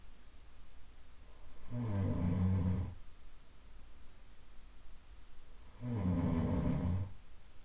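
Two low, rattling snores about four seconds apart, roughly 15 breaths a minute, repeating as a loop.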